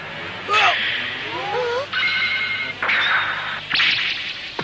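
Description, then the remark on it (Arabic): A football is struck hard several times, shots toward goal from inside the penalty area that the goalkeeper stops, each sharp thwack followed by a swishing rush of air, with shrill, wavering whistle-like tones and a steady background noise throughout. “سدد بسام بعنف من داخل منطقة الجزاء لكن وليد أوقفها ثانية.”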